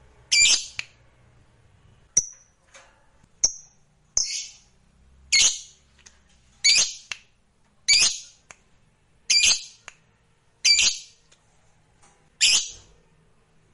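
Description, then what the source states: Lovebird squawking repeatedly in harsh rasping bursts about every 1.3 seconds, mixed with a few thin high whistles. Fighter lovebird singing energetically (gacor).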